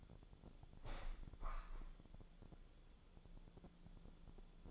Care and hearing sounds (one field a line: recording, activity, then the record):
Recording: daily activity, microphone in the room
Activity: open window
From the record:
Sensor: 5